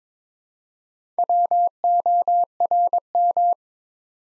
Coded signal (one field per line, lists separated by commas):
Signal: Morse code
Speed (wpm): 22 wpm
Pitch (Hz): 700 Hz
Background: none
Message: WORM